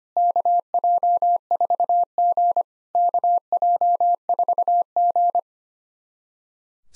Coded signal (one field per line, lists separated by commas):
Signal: Morse code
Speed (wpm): 25 wpm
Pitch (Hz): 700 Hz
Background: none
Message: KJ4G KJ4G